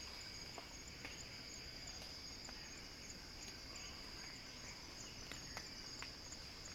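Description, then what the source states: Cicada song forms an unbroken, intense high buzz with faint clicks and brief ticks scattered across the background. Cicada song building as a crescendo.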